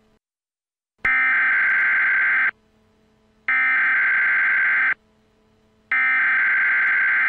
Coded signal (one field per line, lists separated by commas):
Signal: Emergency Alert System (SAME) tones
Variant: header bursts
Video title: The Unknown Launch: Self Destruction- An EAS Scenario